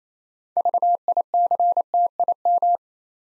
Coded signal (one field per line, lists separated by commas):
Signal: Morse code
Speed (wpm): 27 wpm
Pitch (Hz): 700 Hz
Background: none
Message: VICTIM